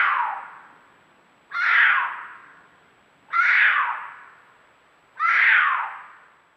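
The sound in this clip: Cougar screams: four harsh, hoarse cries that start loud, fall in pitch and fade, the first cut off at the start, repeated roughly every two seconds with quiet gaps between.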